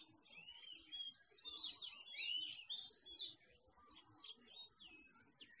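Bird song of rapid, twisting whistled chirps, densest in the first half, then scattered softer notes, over a faint low background hum.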